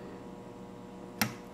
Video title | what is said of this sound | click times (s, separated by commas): 1997 BMW E36 M3 Sedan - Quest for Perfection Ep. 04 - Windshield Cowl Replacement | no matter how hard I push in, it won't snap in. | none